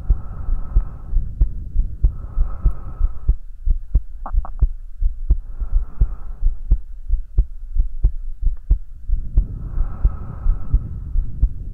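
Steady low heartbeat thumps near 90 a minute under slow, soft breathing, heard as if the listener's head is hugged against the chest; an ordinary heartbeat heard close to the chest.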